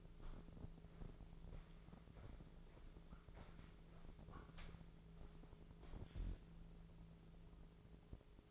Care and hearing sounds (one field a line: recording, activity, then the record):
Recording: daily activity, microphone in the room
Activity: walk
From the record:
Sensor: 5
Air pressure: 1005.7 hPa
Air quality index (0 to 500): 87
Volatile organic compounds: 2 ppm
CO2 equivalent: 1055 ppm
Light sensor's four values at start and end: 33/76/30/28 and 33/76/30/28